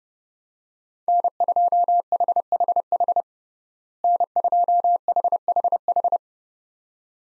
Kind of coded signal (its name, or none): Morse code